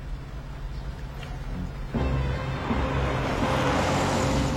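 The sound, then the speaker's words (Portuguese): A car drives by: a low steady engine rumble, then a broad rushing roar of tires and motor swells up suddenly and holds loud to the end, with no voices. “Ih, é o carro deles, vai atrás deles.”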